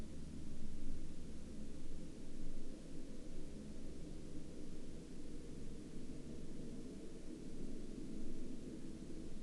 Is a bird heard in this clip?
no